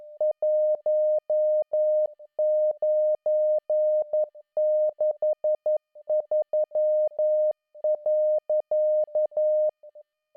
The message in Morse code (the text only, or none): 1963.